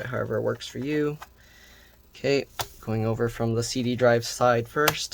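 The plastic bottom cover of a Dell Inspiron 15 5567 laptop is being handled and pressed back onto the chassis, starting from the CD drive side. Someone talks throughout, with a few faint, brief ticks between phrases. Nothing has seated or clicked into place yet.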